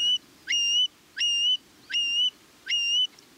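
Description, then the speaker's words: Long-billed Curlew giving four clear whistled notes, each sweeping sharply up and then holding a steady pitch, repeated about every three quarters of a second against faint low hum. Male song in spring during its mating display flight over western grassland breeding habitat. "In spring, the male long-billed curlew sings his bubbling song, stitching a zigzag across the sky."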